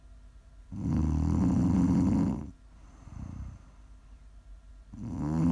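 An adult's loud, low, rattling snores come on each in-breath, lasting about two seconds, with a quieter soft out-breath between them. Breaths come roughly every four seconds, about 14 a minute, in a steady rhythm typical of ordinary snoring during sleep.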